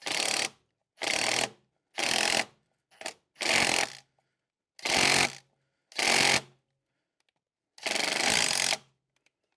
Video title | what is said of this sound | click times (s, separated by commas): I Tried Fixing My Car… This Was a Mistake | So, this didn't work. I completely stripped out the Torx head. | 1.4 s, 2.1 s, 2.2 s, 2.3 s, 3.7 s, 3.8 s